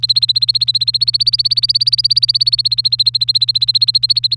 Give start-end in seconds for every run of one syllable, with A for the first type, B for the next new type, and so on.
0.00-4.35 A